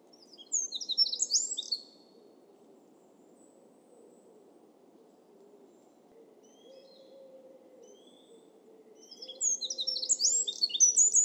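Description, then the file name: Eurasian wren, a short burst of high, rapid twittering notes at the start, then faint scattered chips, and another quick high trilling burst near the end over a low hum. "Troglodytes troglodytes"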